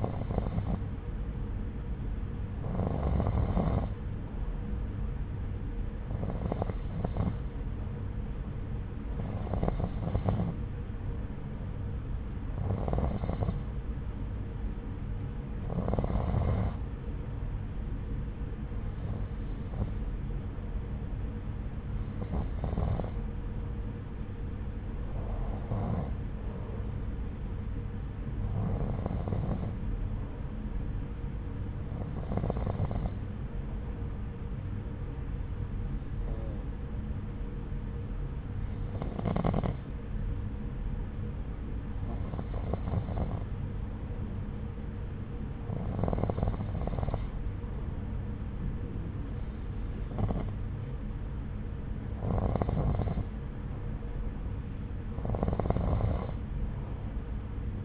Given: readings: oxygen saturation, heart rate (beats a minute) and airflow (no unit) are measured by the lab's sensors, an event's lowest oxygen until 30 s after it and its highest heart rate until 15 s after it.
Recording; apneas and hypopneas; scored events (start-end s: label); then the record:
breathing in sleep by a smartphone at the bedside; none
none scored
From the record:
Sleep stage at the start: N2 (light sleep); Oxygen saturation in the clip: 90 to 92%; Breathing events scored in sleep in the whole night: 303 in 8.1 hours asleep